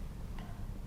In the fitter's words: Hop. C'est très simple, ça se clipse.